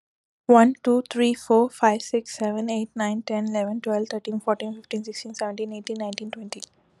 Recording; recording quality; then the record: counting at a fast pace; excellent, no background noise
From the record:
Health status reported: COVID-19 positive, mild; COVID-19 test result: positive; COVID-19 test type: RT-PCR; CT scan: not taken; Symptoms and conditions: cough, cold, fever, muscle pain, diarrhoea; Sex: female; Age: 28 years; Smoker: no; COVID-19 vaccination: both doses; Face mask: not worn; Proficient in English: yes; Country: India